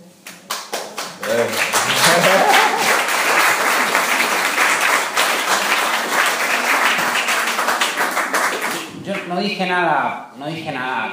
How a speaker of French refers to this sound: Hein, pour le cual, el aplauso es para ustedes. Voilà, l'applaudissement c'est pour vous-même.